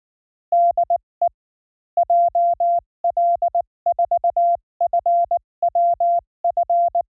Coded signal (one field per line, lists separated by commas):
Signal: Morse code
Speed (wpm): 19 wpm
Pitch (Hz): 690 Hz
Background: none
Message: DE JL4FWF